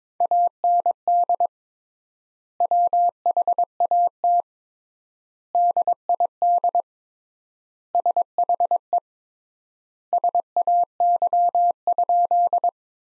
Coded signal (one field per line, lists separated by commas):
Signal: Morse code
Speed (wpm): 22 wpm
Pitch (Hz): 700 Hz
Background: none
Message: AND WHAT DID SHE SAY?